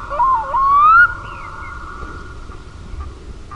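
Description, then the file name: Black-throated loon giving a short rising wail: a brief note, then a longer clear note climbing in pitch, followed by quiet background hiss. "KUIKKA"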